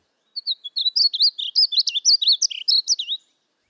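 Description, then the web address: Painted Bunting song, a bright run of rapid chirped and slurred high notes in a steady jumbled sequence, about three seconds long with a clean quiet background. "Spark Bird: Murry Burgess and the Painted Bunting (Bird Note: 01/19/26)"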